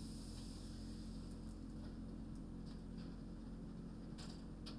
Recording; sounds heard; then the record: poultry house recording; no chicken sound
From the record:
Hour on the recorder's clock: 20